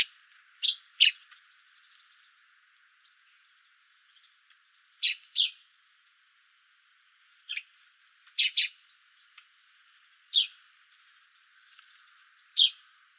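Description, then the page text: Eurasian tree sparrow uttering clipped chirps, some in doubled bursts, separated by pauses of a second or more, with faint softer notes between. "Volker Arnold - Полевой воробей (Passer montanus)"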